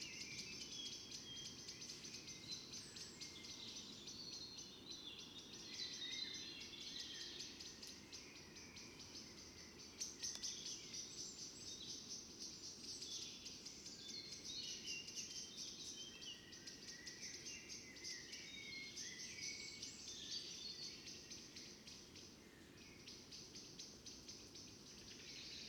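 An evening outside a fox den, filled with a dense, steady chorus of birds chirping and calling high up, over a continuous shrill insect hum. Beneath it runs a low, rustling murmur that stays constant for the whole 26 seconds.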